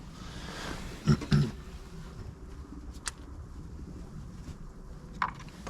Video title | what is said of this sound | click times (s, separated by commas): Wymiana uszczelniaczy wtrysków! Peugeot Partner 1.6 Hdi 90KM Cz.2! ODPALAMY POTWORA!!! Odc.46 | trochu równomiernie było o tu Słyszeliście kliknięcie charakterystyczne | 5.2 s